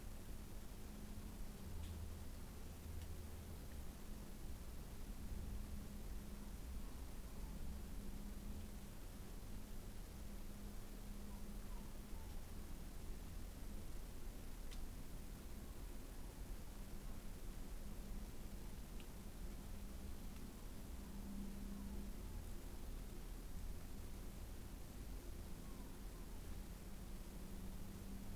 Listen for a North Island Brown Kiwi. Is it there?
no